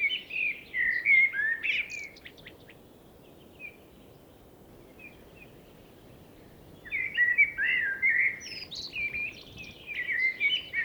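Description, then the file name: Blackbird song in two bursts separated by a quiet pause: each a run of fluty warbles mixed with high twittered notes. "Turdus merula"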